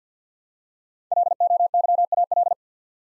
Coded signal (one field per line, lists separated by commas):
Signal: Morse code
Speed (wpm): 50 wpm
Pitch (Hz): 700 Hz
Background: none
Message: LOYAL